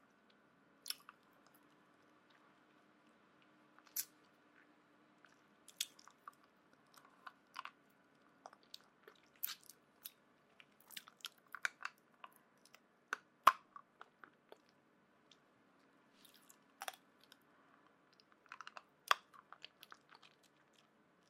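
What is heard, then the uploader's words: Someone licks a lollipop, making short wet smacks and clicks that come irregularly every second or so, bunching into quick flurries near the middle and end. Between them it is quiet apart from a faint steady hum. Lollipop Licking.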